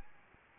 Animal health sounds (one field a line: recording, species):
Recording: mosquito wingbeat signal from an infrared sensor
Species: Anopheles arabiensis